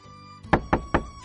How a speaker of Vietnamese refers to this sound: Bỗng phía sau có tiếng gõ cửa.